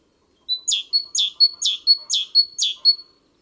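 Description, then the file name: Great tit song, one clean strophe: five rapid pairs of a thin steady whistle followed by a buzzy descending note, evenly spaced. "Parus major"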